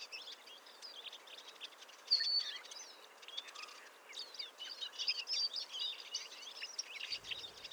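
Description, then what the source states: Eurasian Siskin flock twittering, faint high chirps and short whistles running on, a couple of clearer thin whistled notes standing out. Barely audible babble of a flock; morning, February 2020; Montagne du Puy, Drôme, 1500 m altitude; mixed conifer and oak forest; Nagra Seven and Telinga Pro7 stereo.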